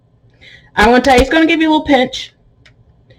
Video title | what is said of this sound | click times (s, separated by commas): My Journey to Better Health with Mounjaro - My first injection | It's unlocked. I hear it goes click, and this little plunger goes up. | 2.7 s